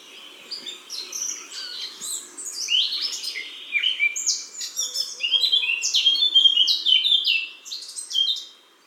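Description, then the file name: Eurasian blackcap song, a fast jumbled warble of high notes. "Sylvia atricapilla"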